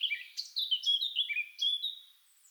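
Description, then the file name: Eurasian blackcap song, a brief burst of rich, fluty whistled notes, some sliding up and down, delivered quickly. "Sylvia atricapilla"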